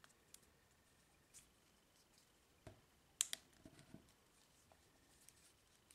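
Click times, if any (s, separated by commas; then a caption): 3.2 s. A dual-layer hard plastic back case is pressed onto a Samsung Galaxy S7 smartphone, with faint handling ticks before a sharp, bright click at 3.2 s and a second snap at 3.3 s. Quieter rustling and light taps follow. The case's edges snap into place and it is seated.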